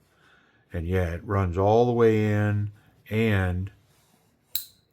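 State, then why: Released. Someone talks while the metal pocket clip of a TWOSUN TS554 folding knife is slid all the way onto the edge of a standard denim jeans pocket under good tension. The clip is then pulled back off, releasing with a sharp, bright click at 4.6 s.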